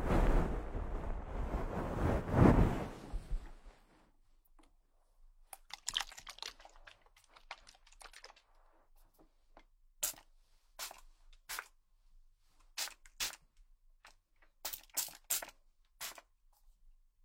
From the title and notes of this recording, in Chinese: 疗愈SPA！头部调理，深度放松。